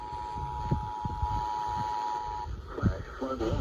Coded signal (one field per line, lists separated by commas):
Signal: Emergency Alert System (SAME) tones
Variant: 853 and 960 Hz attention tone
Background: speech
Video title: FLOODZ WITH FLOODZ ON THE SIDE - EAS Alerts on 8/16/2022 (EAS #193-196)